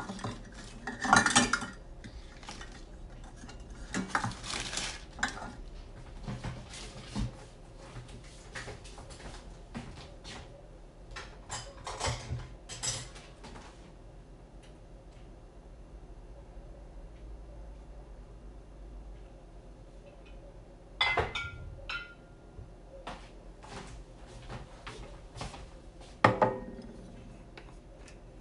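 Making banana bread: irregular clinks and clatters of dishes and utensils, busiest early on, then quieter with sharp knocks near 21 and 26 seconds.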